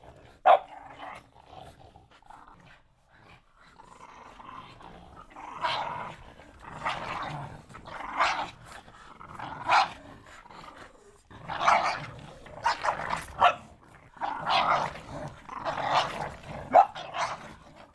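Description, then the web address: Dog panting heavily in rhythmic bursts, with a sharp bark near the start and scattered louder breathy huffs throughout. "dog panting and barking"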